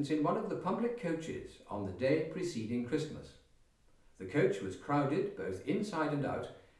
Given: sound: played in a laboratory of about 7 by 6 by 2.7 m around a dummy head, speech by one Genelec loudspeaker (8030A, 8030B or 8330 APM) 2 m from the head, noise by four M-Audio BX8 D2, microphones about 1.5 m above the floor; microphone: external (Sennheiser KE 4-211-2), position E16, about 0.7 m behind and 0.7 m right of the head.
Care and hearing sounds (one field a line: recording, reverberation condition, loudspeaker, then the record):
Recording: male speech in English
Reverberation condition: medium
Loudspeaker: 90 degrees to the left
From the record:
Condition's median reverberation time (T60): about 510 ms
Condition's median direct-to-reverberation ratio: about -0.5 dB